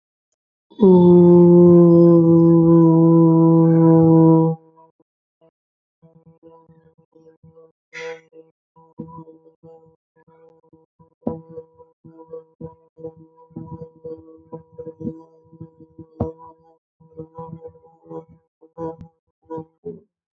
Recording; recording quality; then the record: sustained vowel as in boot; excellent, no background noise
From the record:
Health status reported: healthy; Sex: female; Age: 24 years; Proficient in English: yes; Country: India